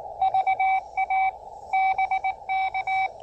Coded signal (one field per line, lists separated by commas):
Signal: Morse code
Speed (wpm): 19 wpm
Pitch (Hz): 760 Hz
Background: radio noise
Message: VA BK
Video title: A Quick POTA Activation Before Closing Time at President James Polk State Historic Site!